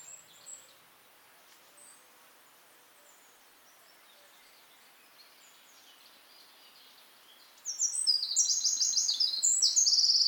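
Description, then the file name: Eurasian wren bursting into a loud, rapid, high-pitched trilling song after a long quiet stretch with only faint chirps. "Troglodytes troglodytes"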